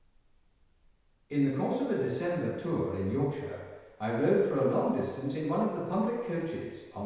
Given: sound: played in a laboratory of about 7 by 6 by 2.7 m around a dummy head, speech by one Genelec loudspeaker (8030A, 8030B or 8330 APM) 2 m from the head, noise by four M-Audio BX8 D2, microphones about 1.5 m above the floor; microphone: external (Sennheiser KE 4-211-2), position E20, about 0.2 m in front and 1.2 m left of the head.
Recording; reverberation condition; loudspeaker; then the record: male speech in English; high; behind (180 degrees)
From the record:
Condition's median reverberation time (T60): about 1300 ms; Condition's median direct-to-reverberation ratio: about -4.0 dB